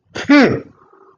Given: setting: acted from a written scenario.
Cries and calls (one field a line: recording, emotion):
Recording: vocal sound without words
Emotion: contempt